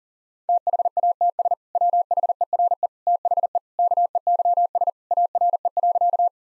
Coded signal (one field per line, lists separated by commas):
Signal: Morse code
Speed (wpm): 40 wpm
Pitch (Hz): 700 Hz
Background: none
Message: THATS WHERE THE KEYS ARE.